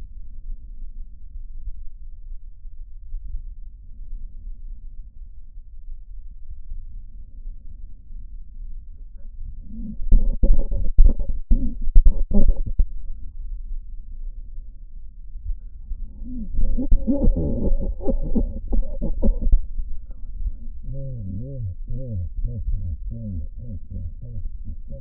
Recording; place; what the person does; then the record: lung sounds by stethoscope; left posterior apical chest; quiet breathing, then cough and speech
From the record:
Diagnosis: pulmonary infection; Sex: male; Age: 74 years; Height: 171 cm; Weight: 80 kg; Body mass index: 27.4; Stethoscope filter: diaphragm mode